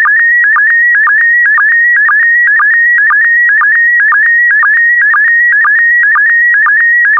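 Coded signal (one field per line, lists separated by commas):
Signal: SSTV (slow-scan television)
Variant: PD120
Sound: warbling whistle-like tone with rhythmic clicking ticks about twice per second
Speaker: the next image transmission will start in 10 seconds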